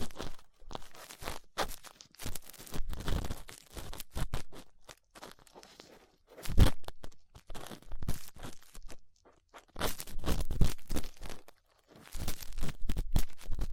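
Ear cleaning sounds with latex gloves, a dental pick and cotton swabs: dense bursts of crackling, rubbing and scraping that come in uneven clusters with short silent gaps. The loudest crunchy rubs land around 3, 6.5 and 10.5 seconds, with quieter scratching between.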